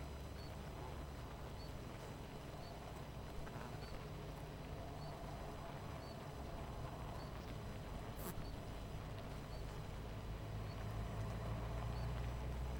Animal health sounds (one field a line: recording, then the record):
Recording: honeybee colony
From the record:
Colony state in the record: missing queen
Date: 14 July 2017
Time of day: 18:50